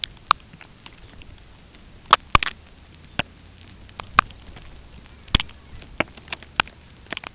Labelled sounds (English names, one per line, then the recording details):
Red Phalarope
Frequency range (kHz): Red Phalarope 3.0-4.7 kHz
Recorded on Arctic tundra, site UTQI-5, on 13 June 2019
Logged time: 06:00